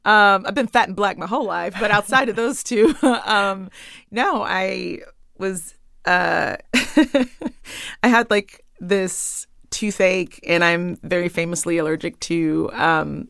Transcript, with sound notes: I've been fat and Black my whole life, but outside of those two...
(Laughter).
No, I was (laughter) - I had, like, this toothache. And I'm very famously allergic to